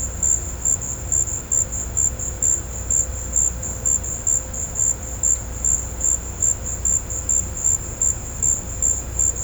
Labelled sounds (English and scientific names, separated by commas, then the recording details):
none
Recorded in pastures near Puerto Asís, Putumayo, Colombia, on 16 December 2024 at 15:00
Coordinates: 0.502, -76.324
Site G077